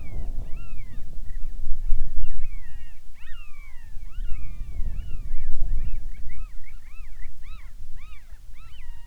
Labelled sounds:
bird
wind
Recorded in the Arctic National Wildlife Refuge, Alaska, on 10 July 2019 at 17:48
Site 44

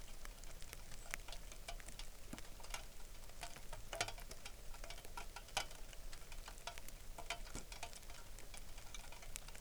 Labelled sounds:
songbird
rain
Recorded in the Arctic National Wildlife Refuge, Alaska, on 3 August 2019
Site 33

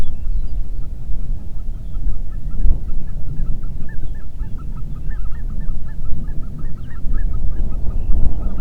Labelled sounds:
waterfowl
wind
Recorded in the Prudhoe Bay oil fields, Alaska, on 8 June 2019 at 05:03
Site 30

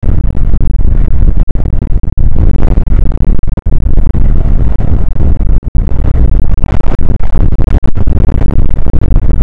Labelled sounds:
wind
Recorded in the Prudhoe Bay oil fields, Alaska, on 29 May 2019 at 00:04
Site 25

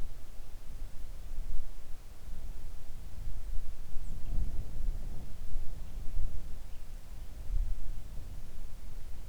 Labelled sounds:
songbird
wind
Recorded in the Arctic National Wildlife Refuge, Alaska, on 3 August 2019 at 05:04
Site 41

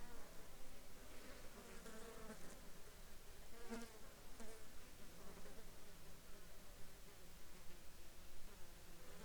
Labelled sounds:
insects
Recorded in the Arctic National Wildlife Refuge, Alaska, on 10 July 2021 at 13:39
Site 43

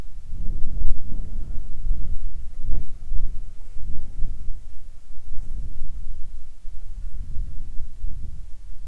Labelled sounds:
wind
insects
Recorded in the Arctic National Wildlife Refuge, Alaska, on 7 July 2019 at 18:33
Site 41

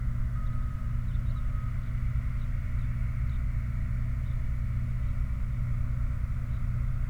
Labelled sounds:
songbird
vehicle
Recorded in the Prudhoe Bay oil fields, Alaska, on 29 July 2019 at 03:56
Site 29

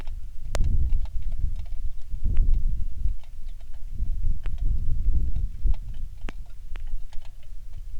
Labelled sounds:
bird
wind
rain
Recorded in the Prudhoe Bay oil fields, Alaska, on 27 July 2019 at 18:18
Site 19

